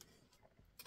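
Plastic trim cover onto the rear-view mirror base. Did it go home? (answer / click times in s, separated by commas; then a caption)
no / none. A plastic trim cover is handled while being fitted around the base of a rear-view mirror, with soft rubbing and a few brief taps and knocks, the loudest near the end. The clip stops just before the cover goes home, so nothing has snapped into place yet.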